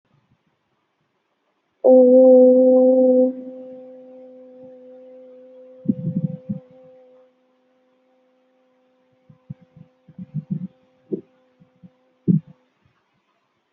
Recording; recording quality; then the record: sustained vowel as in boot; moderate, slight background noise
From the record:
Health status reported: healthy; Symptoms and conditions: none ticked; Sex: female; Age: 25 years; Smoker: not ticked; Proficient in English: yes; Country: India